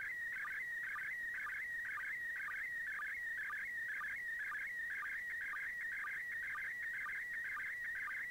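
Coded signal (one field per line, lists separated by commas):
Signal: SSTV (slow-scan television)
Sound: steady warbling whistle near 2 kHz with a short low blip twice per second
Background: radio static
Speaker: I'm gonna play a play basically a sound from that I captured from the ISS pass over doing that slow scan TV and I've got the mm SS TV software runnin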